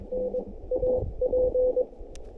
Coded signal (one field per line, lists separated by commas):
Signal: Morse code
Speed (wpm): 23 wpm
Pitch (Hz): 500 Hz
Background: radio noise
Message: NAP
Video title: 面白山（標高1264m）山岳運用 SOTA Activation / モールス通信 / Using KH1 & Whip